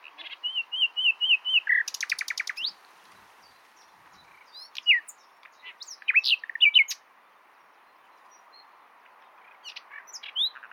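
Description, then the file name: Common nightingale song beginning with a run of repeated whistled notes and a dense rattle, then pauses and scattered sharp upslurred calls. "Luscinia megarhynchos"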